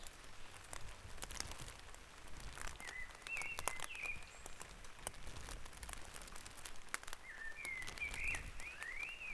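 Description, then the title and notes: Bird song: two bursts of warbled, wavering whistles, midway and at the end, amid dense crackling and ticking sounds. Dawn chorus at Back Dragon Avenue, Harrogate. "Dawn Chorus // Back Dragon Avenue, Harrogate. Sound Map Of Harrogate"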